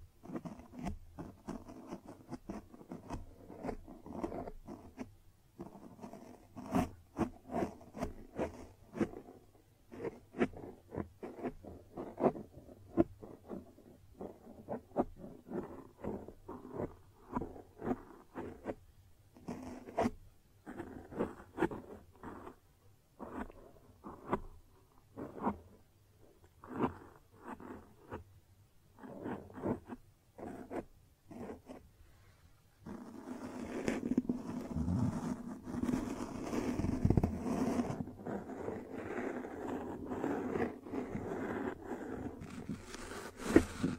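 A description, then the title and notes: Close-up triggers made of quick crinkles, scratches and sharp taps, packed densely and heard very near. After about 33 seconds the sound turns into a steady, fuller rubbing or scraping with a low rumble underneath, which continues to the end. ASMR Close-up Triggers at 100% Sensitivity (No Talking).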